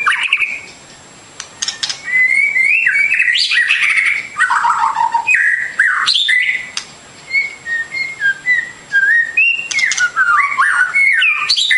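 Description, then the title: Bird song of varied whistled phrases, some sliding down and others rising, with sharp chirps between them and a steady high faint tone throughout. Complete masteran birdsong for training. "Kicau Burung Masteran Lengkap"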